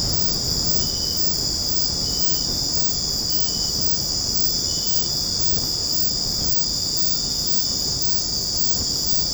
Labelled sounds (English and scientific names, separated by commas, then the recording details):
none
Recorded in secondary vegetation near Puerto Asís, Putumayo, Colombia, on 12 March 2025 at 22:30
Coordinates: 0.481, -76.318
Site G097